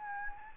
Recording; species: mosquito wingbeat signal from an infrared sensor; Anopheles gambiae